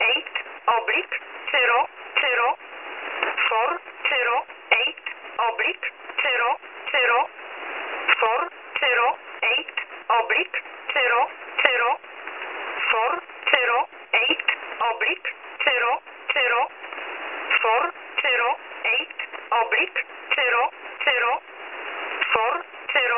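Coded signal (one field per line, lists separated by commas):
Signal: numbers station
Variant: E11 Oblique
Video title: Polish Number Station E11 - Oblique - Null message - 22.08.2018 17:30 UTC - 7984 kHz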